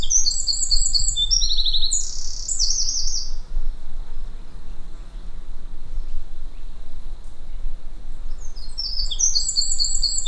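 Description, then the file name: Eurasian wren singing a loud rapid trilling phrase of high notes for over three seconds, a quiet gap with low hum, then the song resumes at the end. "Troglodytes troglodytes"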